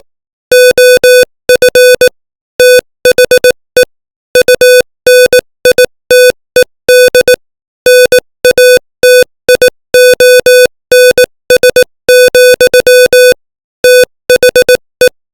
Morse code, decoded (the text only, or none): OF THE UNITED NATIONS, THE